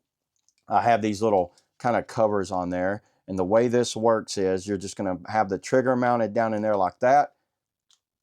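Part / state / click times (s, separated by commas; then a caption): protective hard case onto handheld game console / seated / 7.9 s. A plastic hard case with grips is pressed onto a Nintendo Switch 2 handheld game console, trigger area first, while someone talks about the little covers and the trigger mounting. After the talking stops, a short snap at 7.9 s marks the case seating into place on the console.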